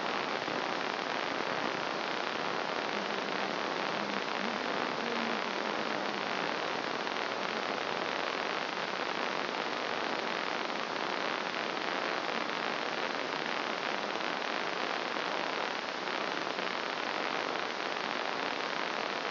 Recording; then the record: brain microelectrode recording played as sound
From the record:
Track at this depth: outside the subthalamic nucleus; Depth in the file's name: 0.545 mm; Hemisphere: left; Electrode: 2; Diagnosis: Parkinson's disease